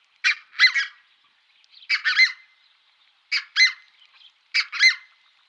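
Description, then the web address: Red-breasted goose giving high, squeaky double notes, each pair sharp and slightly shrill, repeated about every one and a half seconds. "Schulze Peter Red-breasted Goose"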